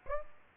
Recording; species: mosquito wingbeat signal from an infrared sensor; Aedes aegypti